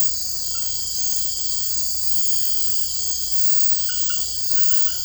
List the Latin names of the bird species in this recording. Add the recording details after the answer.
none. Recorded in dense forest near Puerto Asís, Putumayo, Colombia, on 19 February 2024 at 02:30. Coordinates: 0.487, -76.319. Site G6403